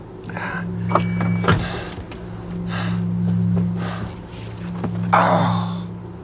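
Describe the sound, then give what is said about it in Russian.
The door of a car parked at a city curb, with an eagle emblem on the door, clicks open, followed by shuffling and creaks as a man climbs into the seat, with a short louder thump near the end over a constant low hum. “открывает дверь и садится в машину.”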